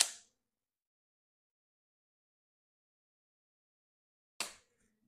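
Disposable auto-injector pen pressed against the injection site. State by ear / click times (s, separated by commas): seated / 0.0 s, 4.4 s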